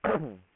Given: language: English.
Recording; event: throat vibration sensor signal played as sound; throat clearing